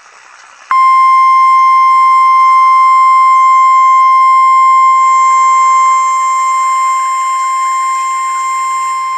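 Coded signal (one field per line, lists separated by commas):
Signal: Emergency Alert System (SAME) tones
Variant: 1050 Hz attention tone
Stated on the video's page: Severe thunderstorm and tornado warnings from a NOAA weather radio station.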